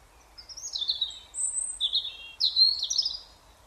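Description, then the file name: European robin song: thin, high warbled phrases that slide up and down, three short bursts separated by brief pauses, over faint low background hiss. "Erithacus rubecula"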